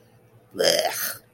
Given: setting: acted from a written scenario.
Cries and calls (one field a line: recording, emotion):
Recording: vocal sound without words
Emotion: disgust